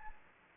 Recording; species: mosquito wingbeat signal from an infrared sensor; Anopheles arabiensis